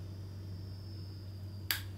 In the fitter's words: until it clicks that's on there now can't come off